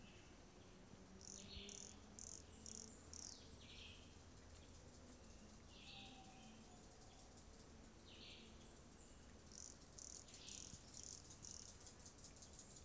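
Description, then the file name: Sulphur pumpkin toadlet: high-pitched frog notes delivered in short evenly spaced series, returning after pauses, set against dense insect chatter and occasional bird chirps. Recorded 18 September 2016; local name biquinha; specimen not collected. "Brachycephalus sulfuratus Biquinha not collected 18 set 2016 MRBornschein"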